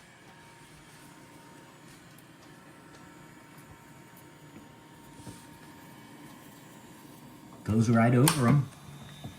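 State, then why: Not seated. A Dreame robotic mop and vacuum cleaner backs into its docking station to reattach its rotating mop pads, with a low steady hum underneath. Someone talks briefly near the end. Nothing has seated or clicked yet.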